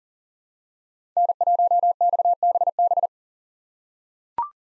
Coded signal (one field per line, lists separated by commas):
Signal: Morse code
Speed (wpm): 40 wpm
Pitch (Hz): 700 Hz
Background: none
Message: N1XBB